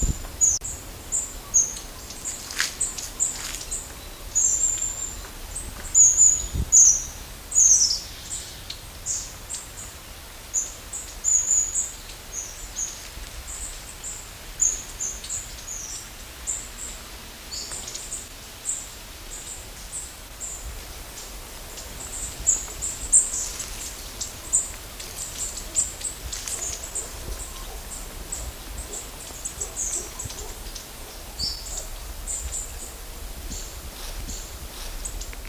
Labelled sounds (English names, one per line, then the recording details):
Long-tailed Tit call
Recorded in the wild
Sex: group
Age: adult
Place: Waldsieversdorf, Märkische Schweiz, Brandenburg, DE
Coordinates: 52.5333, 14.0833
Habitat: high forest - marshland
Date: 1999-09-16 11:30
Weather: cloudy, 17-18°C
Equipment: Sony WM-D6C, Sennheiser ME 80, Kopie Uher 4000 Report Monitor
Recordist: Tembrock, Günter